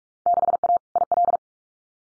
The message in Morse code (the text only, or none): 6A IL